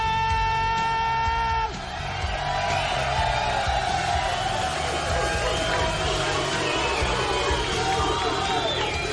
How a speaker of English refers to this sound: Cinco de Mayo at Camacho's. Here we are. It's our annual event. The crowd is loud. It's large.